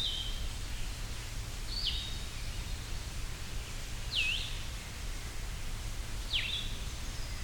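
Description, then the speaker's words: Blue-headed Vireo song of brief, sweet slurred phrases, one swooping down then up, spaced a couple of seconds apart over a steady low rush. Singing at Hector Falls, a small waterfall in Tionesta Scenic Area, Allegheny National Forest; song sweeter, squeakier than Red-eyed Vireo's, likened to saying "vireo" in a sweeter voice. "Still almost sounds like saying Vireo, just with a much sweeter voice."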